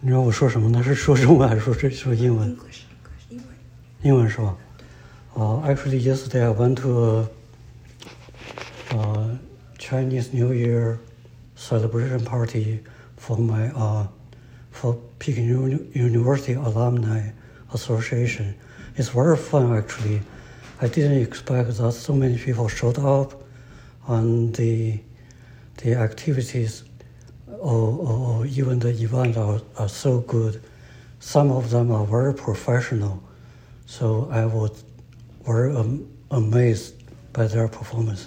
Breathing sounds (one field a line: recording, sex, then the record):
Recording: free speech after running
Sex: male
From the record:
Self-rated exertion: light exertion (2 of 6)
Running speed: 5 miles an hour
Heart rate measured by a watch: 102 beats a minute at the start, 109 at the end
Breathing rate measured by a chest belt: 11 breaths a minute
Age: 57 years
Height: 171 cm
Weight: 59 kg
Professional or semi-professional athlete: no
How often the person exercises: over 5 times a week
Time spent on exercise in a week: over 5 hours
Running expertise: no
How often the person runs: over 5 times a week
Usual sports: running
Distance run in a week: 50 miles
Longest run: 50 miles